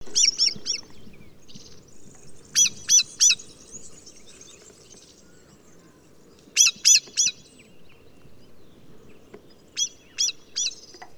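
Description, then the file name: Common blackbird giving sharp, high clicking calls in quick bursts of three, repeated four times with pauses of a few seconds, over a low background rumble. "Turdus merula"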